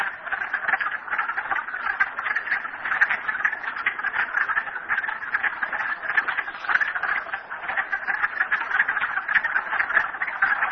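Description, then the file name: Continuous frog chorus of rattling, rapidly pulsed calls from many animals at once. Recorded at Merryspring. "frogs merryspring 42008"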